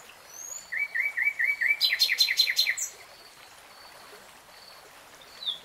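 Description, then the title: Nightingale song: a run of short repeated notes leading into loud, pulsing repeated notes, then quiet with faint whistles. Real-time recording. "[Tiếng chim hót] 3 Hours REALTIME Nightingale Singing"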